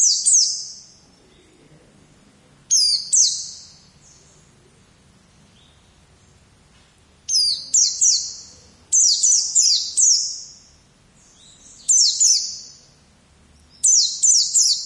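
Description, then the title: White-eye song: short bursts of bright, high, jumbled twittering repeated at irregular intervals, with quiet gaps in between. "Pleci"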